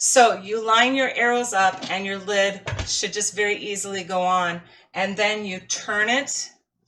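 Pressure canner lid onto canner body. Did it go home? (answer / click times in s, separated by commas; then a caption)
no / none. Someone talks while lining up the arrows on the metal lid and body of a Presto stovetop pressure canner and setting the lid on, about to turn it clockwise to lock. A brief low thump of handling noise comes near 2.7 s under the talking. The lid has not locked or seated yet; nothing has clicked into place.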